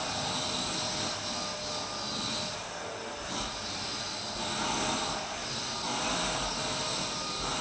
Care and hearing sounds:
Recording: daily activity, microphone in the room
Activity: vacuum cleaning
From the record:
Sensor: 2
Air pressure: 1001.8 hPa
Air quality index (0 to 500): 248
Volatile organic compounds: 39 ppm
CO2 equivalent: 3130 ppm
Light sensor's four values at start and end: 6/19/7/8 and 8/27/10/10

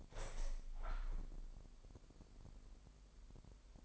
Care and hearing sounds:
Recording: daily activity, microphone in the room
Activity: open window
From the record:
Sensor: 5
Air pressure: 1000.3 hPa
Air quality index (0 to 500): 248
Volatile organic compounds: 35 ppm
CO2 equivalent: 3060 ppm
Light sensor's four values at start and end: 34/79/31/30 and 34/79/31/30

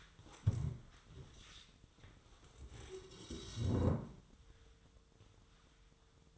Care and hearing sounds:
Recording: daily activity, microphone in the room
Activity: stand up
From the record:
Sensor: 3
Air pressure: 1005.4 hPa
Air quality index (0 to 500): 97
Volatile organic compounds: 3 ppm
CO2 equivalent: 1520 ppm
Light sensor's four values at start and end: 10/22/9/9 and 8/18/7/7

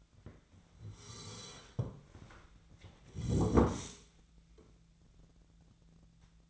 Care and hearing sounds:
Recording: daily activity, microphone in the room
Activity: sit down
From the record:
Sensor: 3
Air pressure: 1007.9 hPa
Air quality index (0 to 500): 190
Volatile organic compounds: 14 ppm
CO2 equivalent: 2440 ppm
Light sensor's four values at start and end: 12/28/12/12 and 12/29/12/12

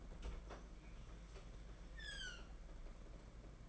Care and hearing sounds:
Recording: daily activity, microphone in the room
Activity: open fridge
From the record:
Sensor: 5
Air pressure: 992.0 hPa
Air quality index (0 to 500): 200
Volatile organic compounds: 1000 ppm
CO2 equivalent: 5755 ppm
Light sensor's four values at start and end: 28/98/36/38 and 29/97/36/38

